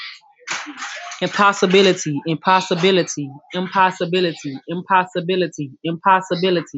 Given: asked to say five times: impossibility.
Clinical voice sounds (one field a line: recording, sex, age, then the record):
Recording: repeated word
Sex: female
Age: 30 to 39 years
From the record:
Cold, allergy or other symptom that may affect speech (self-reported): no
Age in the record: 32 years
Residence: United States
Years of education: 10